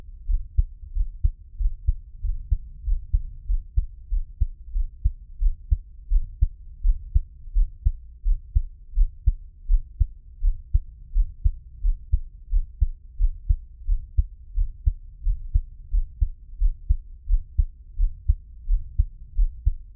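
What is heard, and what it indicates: Steady, low, muffled heartbeat thumps from an adult's own heart, each beat a soft lub-dub pair, at about 85–90 beats a minute. The rhythm is regular with no added sounds and no talking. The sound is quiet and close, with faint low hum beneath.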